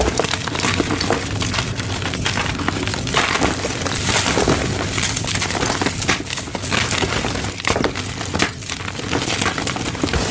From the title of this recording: Rainbow gym chalk compilation